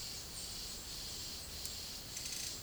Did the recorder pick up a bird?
no